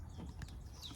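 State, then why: Not seated. A new camshaft position sensor with its O-ring is pushed by hand into the engine block bore of a 2008 Ford Taurus, but it will not go past an obstruction. Two short, sharp knocks at 0.4 s and 0.5 s stand out over a steady low rumble. The sensor has not seated or clicked in.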